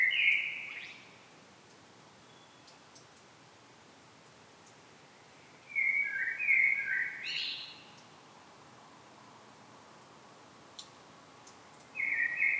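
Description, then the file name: Common blackbird singing short whistled warbles spaced several seconds apart, over faint steady hiss. "Turdus merula"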